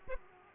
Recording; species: mosquito wingbeat signal from an infrared sensor; Aedes aegypti